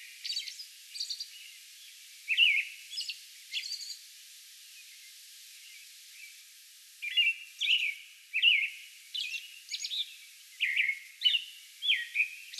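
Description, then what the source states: American robin caroling with liquid, slurred phrases mixed with higher squeaky notes, a quiet gap midway before the song resumes faster. Song bout recorded on May 11.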